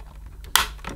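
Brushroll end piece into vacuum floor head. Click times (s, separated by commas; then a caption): 0.6 s. A plastic end piece of the brushroll on a Vax Air Stretch vacuum cleaner is refitted into its seating in the floor head. A sharp, bright click at 0.6 s is preceded by a faint tick and followed by smaller ticks. The end piece is confirmed seated in place.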